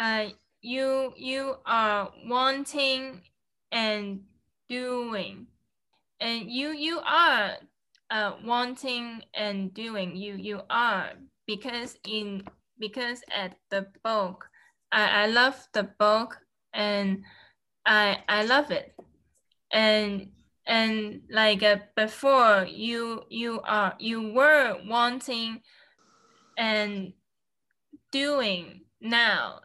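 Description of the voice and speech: Adult woman with aphasia after an accident with coma and surgeries, speaking in agrammatic, repetitive phrases, circling back to the same words, with frequent pauses between short bursts of speech.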